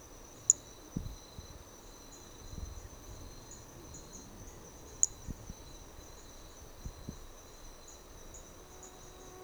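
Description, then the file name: Hermogenes's flea-toad giving sharp, very high clicking notes several seconds apart over a steady high insect drone, with a few soft low thumps. Recorded at Trilha do Ipiranga; individual 4; the first four notes of the call were lost. "MHNCI Brachy hermogenesi Trilha do Ipiranga ind 4 four starting notes lost"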